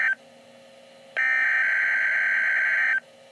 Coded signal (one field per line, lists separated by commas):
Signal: Emergency Alert System (SAME) tones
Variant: header bursts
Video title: Real NOAA Weather Radio EAS Test #9